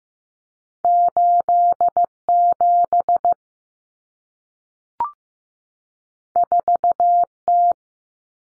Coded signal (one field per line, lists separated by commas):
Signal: Morse code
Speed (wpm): 15 wpm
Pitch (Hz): 700 Hz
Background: none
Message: 87 4T